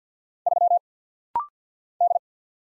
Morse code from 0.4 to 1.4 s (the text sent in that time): 3